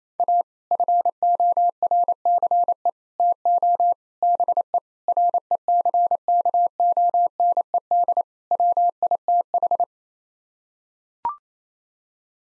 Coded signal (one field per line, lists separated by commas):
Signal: Morse code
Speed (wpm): 27 wpm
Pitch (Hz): 700 Hz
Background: none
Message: A FORCE TO BE RECKONED WITH